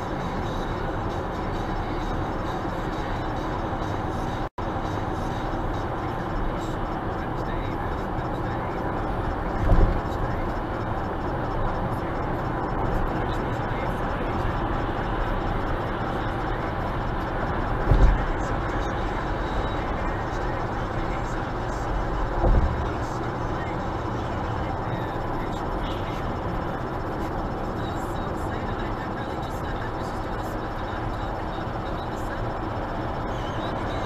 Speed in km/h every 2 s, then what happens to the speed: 91, 94, 95, 95, 96, 98, 100, 100, 100, 100, 100, 96, 93, 92, 92, 92, 92.
0-12 speeds up to 100. 12-34 steady at about 96.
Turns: none.